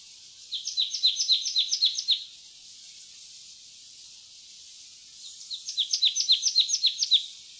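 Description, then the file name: Marsh tit call series: two bursts of quick, sharp high chirps in doubled notes, each burst about two seconds long, separated by a quiet pause. "loevmeis"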